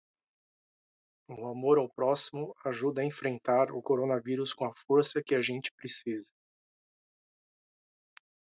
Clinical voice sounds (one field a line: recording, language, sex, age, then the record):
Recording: spoken sentence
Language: Brazilian Portuguese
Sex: male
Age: 40 to 49 years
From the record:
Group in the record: control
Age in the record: 46 years